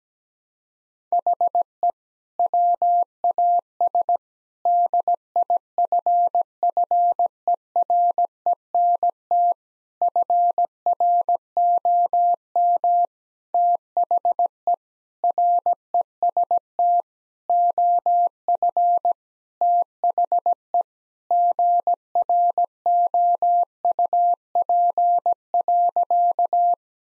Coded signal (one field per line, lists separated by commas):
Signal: Morse code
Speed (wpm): 17 wpm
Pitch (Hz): 700 Hz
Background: none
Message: HE WAS DIFFERENT FROM THE REST OF THE GROUP.